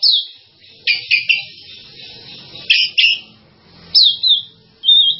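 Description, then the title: Java sparrow song: bursts of high chirps and clicks in short clusters, ending with a brief level whistled note, separated by quiet gaps. "kicau gelatik"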